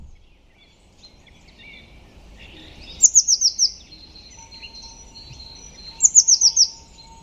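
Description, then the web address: Bird calling: two short clusters of four or five very high, piercing notes about three seconds apart, over a quiet background. "Deverinetal 2025. Bird Only"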